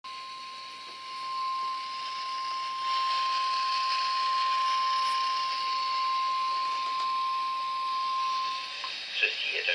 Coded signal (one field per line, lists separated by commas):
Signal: Emergency Alert System (SAME) tones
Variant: 1050 Hz attention tone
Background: speech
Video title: EC Required Monthly Test (EAS #30)